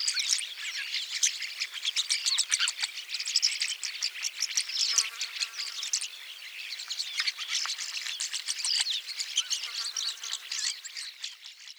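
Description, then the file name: Rosy starling song: nonstop harsh chatter of rasping notes and clicks, with brief thin whistles woven through the rapid stream. "jalak mawar"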